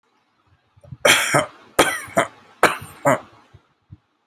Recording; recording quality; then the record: shallow voluntary cough; excellent, no background noise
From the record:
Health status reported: healthy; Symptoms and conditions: none ticked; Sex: male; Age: 25 years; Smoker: not ticked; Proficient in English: yes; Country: India